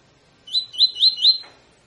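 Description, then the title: Double-collared seedeater song: four rapid rising whistled notes around the same high pitch, each with a faint overtone, ending in a brief soft rustle. Tutor song used to train birds; 'tui tui fibra' song style. "COLEIRO TUI TUI FIBRA"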